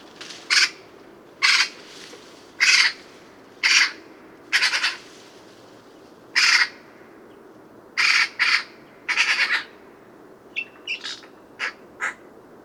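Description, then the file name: Eurasian magpie giving harsh, rasping single and doubled chack notes about once a second, ending with several shorter, thinner calls. "Pica pica"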